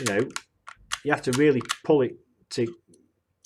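Someone talks while the magnetic/slide battery door is pulled off a SMOK X Cube 2 160 watt TC box mod's zinc alloy body and pushed back on hard. A loud hit at about 3.5 s is the door being pressed back, not a latch click. The battery door has not clicked into place and still has play at the back.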